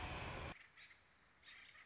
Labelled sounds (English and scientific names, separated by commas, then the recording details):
American Robin (Turdus migratorius)
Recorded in Sonoma County, California